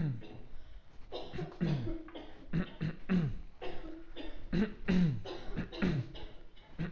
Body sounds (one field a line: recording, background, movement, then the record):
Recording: throat clearing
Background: a bystander coughing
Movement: walking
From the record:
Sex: male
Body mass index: 20.5 kg/m2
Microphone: on the chest, facing outward